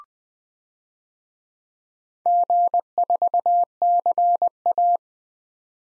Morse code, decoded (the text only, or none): G4CA